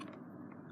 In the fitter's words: On entend le petit clic.